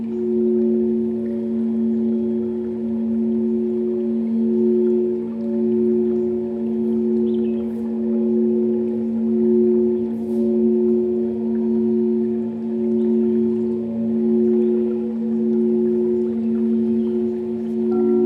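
Crystal bowls hold a steady, low humming drone with bright overtones, swelling gently in slow waves, with faint clicks above throughout.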